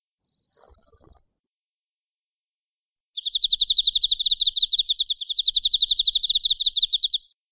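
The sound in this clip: Insect call: a short high buzz, a pause of about two seconds, then a long, rapid, pulsed high trill lasting about four seconds.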